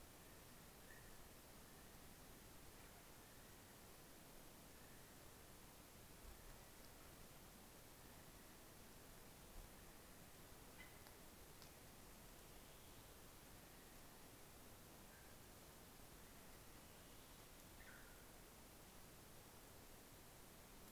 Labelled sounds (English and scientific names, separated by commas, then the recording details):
North Island Brown Kiwi (Apteryx mantelli) male call
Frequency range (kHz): North Island Brown Kiwi (Apteryx mantelli) 1.2-3.9 kHz
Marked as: faintness 5/5
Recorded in New Zealand on 11 December 2011
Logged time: 00:43
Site DD66